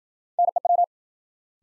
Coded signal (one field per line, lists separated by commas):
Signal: Morse code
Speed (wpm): 51 wpm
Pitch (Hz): 700 Hz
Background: none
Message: NEW